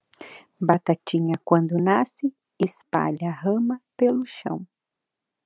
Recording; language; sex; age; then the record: short text; Brazilian Portuguese; female; 20 to 29 years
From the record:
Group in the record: control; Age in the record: 29 years